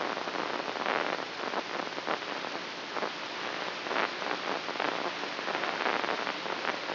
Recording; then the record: brain microelectrode recording played as sound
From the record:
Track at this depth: inside the subthalamic nucleus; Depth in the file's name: 1.727 mm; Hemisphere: right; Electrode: 3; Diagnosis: Parkinson's disease